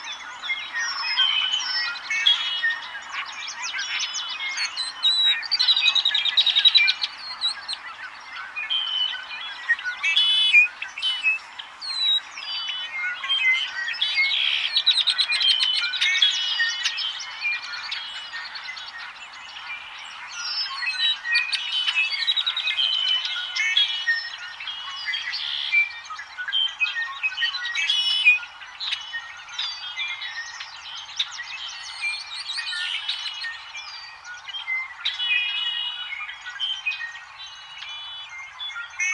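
A dense summer dawn chorus of birdsong, with overlapping chirps, trills and whistles filling the whole stretch without pause. Calls come thick and bright, rising and falling in busy waves, with frogs likely mixed in. There is almost nothing low underneath.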